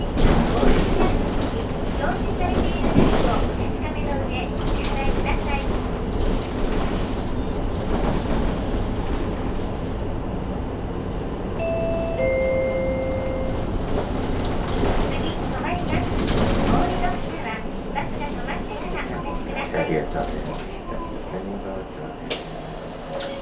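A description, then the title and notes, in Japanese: A ride from Naka-Sasebo toward Sasebo and the Yumiharidake lookout on the Matsuura Railway and Saihi bus, with a steady, dense rumble of the vehicle underway throughout. Voices murmur over it, and a couple of short tonal beeps sound around twelve seconds. 松浦鉄道・西肥バス 中佐世保→佐世保→弓張岳展望台。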